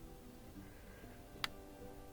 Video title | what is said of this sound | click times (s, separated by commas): ✨ DIY Car Repair: Super Easy Fix For Yukon P0300 Error ✨ | push this in until it locks down | 1.4 s